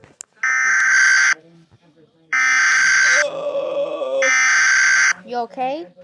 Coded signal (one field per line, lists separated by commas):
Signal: Emergency Alert System (SAME) tones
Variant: header bursts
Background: speech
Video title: EAS Mini Scenario Our Heros The Sun And Venus